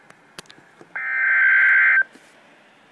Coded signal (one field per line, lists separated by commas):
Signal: Emergency Alert System (SAME) tones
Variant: header bursts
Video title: REAL EAS 674-Severe thunderstorm warning